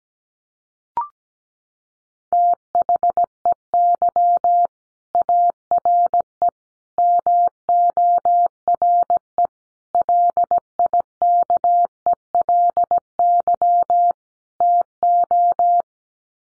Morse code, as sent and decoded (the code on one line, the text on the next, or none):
- .... . -.-- / .- .-. . / -- --- .-. . / .-.. .. -.- . .-.. -.-- / - ---
THEY ARE MORE LIKELY TO